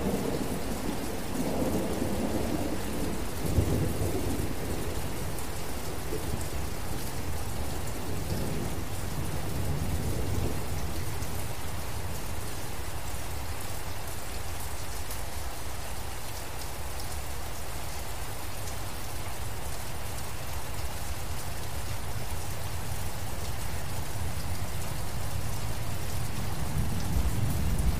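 Steady, dense rain falls in a forest, a constant hiss of drops with a strong low rumble beneath it throughout. The low roar swells a little in the first ten seconds, like thunder, then settles into an even downpour to the end.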